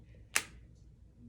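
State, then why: Released. A single-use Trulicity injector pen, unlocked and taken cold straight from the refrigerator, is held against the belly while its injection button is pressed. The spring mechanism fires with one sharp click at 0.4 s, releasing the needle into the skin. The second click that marks the end of the dose has not come yet.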